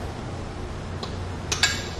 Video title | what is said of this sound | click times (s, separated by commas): etrailer - Test Fit: RockyMounts BackStage Bike Rack for 2 Bikes on a 2017 Jeep Wrangler Unlimited | to hear a click. | 1.5 s, 1.6 s